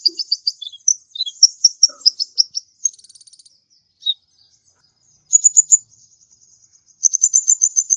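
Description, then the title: Mixed birds giving high chirps and twittering phrases, then a rapid buzzy pulsing series, and later very high trilled phrases. "Burung Campur"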